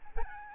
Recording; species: mosquito wingbeat signal from an infrared sensor; Aedes albopictus